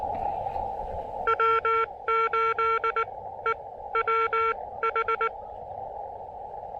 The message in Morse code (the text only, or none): W8EWH